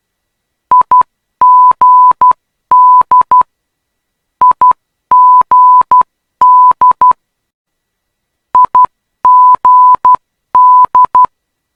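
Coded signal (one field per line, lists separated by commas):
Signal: Morse code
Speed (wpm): 12 wpm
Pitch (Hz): 1000 Hz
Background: none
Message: IGD IGD IGD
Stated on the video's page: Morse ident of the Perth ILS/localizer for runway 21, an aviation navigation aid.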